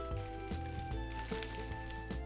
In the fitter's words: so you kind of saw it like it goes back and then when it clicks into place it comes forward again